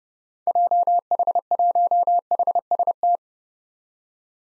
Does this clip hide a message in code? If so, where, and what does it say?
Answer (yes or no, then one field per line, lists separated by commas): yes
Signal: Morse code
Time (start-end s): 0.5-3.2 s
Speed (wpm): 30 wpm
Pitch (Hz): 700 Hz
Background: none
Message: JH1HST